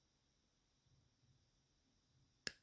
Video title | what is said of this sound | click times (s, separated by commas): How To Tighten a QR Maxle On RockShox Forks | hear this click sound | 2.5 s